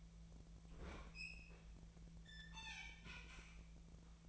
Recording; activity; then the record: daily activity, microphone in the room; open fridge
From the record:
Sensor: 1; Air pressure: 1009.7 hPa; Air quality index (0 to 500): 193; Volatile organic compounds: 19 ppm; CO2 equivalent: 2639 ppm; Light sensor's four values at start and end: 32/82/34/41 and 32/82/34/41